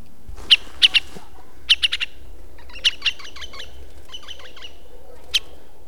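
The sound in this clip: Syrian woodpecker calls: sharp high chips given singly and in quick clusters, then a fast stuttering run of notes, irregularly spaced, over a faint low background hum.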